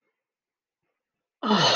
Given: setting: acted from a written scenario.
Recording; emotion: vocal sound without words; awe